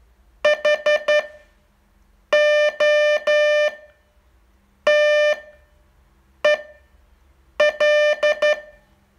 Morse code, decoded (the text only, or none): HOTEL